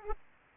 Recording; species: mosquito wingbeat signal from an infrared sensor; Aedes aegypti